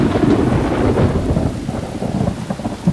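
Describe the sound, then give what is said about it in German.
Heavy rain pours steadily while low thunder rumbles throughout, a dense, continuous wash of noise with a deep rolling undertone and no voices. “wie er im strömenden Regen im Betting aus dem Taxi gestiegen ist.”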